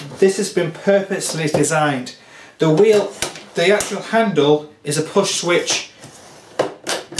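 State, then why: Seated. Someone talks while the telescoping push-switch handle of a wooden magic trolley case, a suitcase table, is extended. Several sharp clunks sound near the end, at about 6.6 s and 6.9 s. The handle locks in place with a final click at 7.2 s.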